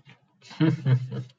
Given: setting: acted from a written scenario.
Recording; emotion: vocal sound without words; embarrassment